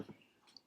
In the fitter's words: a hundred and twenty pound cardstock and here you can see it pops right in the